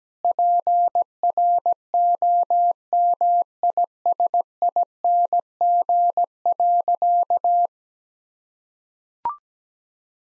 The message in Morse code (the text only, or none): PROMISING.